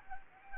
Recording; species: mosquito wingbeat signal from an infrared sensor; Anopheles arabiensis